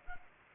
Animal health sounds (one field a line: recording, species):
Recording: mosquito wingbeat signal from an infrared sensor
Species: Culex pipiens